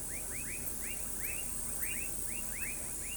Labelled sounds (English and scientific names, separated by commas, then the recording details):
none
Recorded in pastures near Pivijay, Magdalena, Colombia, on 5 June 2023 at 19:00
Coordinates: 10.456, -74.369
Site P6-G026